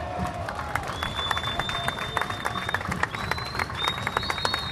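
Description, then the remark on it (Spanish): A crowd at the San Cayetano march applauds steadily, a dense wash of many hands clapping with scattered cheers and whistles rising above it, sustained at an even loudness throughout. “Parece que los estoy aburriendo porque cada vez aplauden menos, pero no importa, voy a seguir.”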